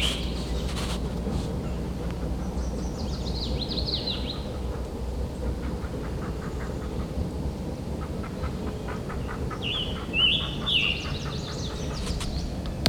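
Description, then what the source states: Northern mockingbird calls: harsh downslurred notes early, then a run of dry rapid ticks, then more varied scratchy phrases near the end, over steady low rumbling background noise. Bird attacking crows, repeatedly returning; Merrimack County, New Hampshire, United States, 17 July 2020, 12:05 UTC.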